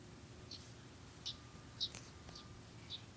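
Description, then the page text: Common yellowthroat calling: short, dry, high chip notes given singly at uneven intervals of about half a second to a second, over a steady low background hum. Recorded in Maryland. "Common Yellowthroat by Ashley Rodeheaver"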